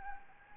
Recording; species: mosquito wingbeat signal from an infrared sensor; Anopheles gambiae